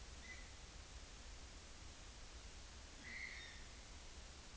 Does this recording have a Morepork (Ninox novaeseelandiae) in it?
no